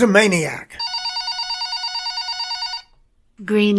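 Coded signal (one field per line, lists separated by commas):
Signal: none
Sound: telephone ringing tones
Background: speech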